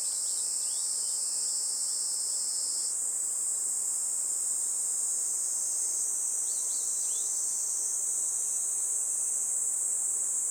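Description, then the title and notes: Kaempfer cicadas keep up a constant high-pitched buzzing hiss, while brief, light bird chirps come through near the start and again later. Chorus of cicadas that had just begun singing, a pleasant noise announcing summer, in a forest by the Tama River; birds also calling. "多摩川の森、ニイニイゼミたちの合唱"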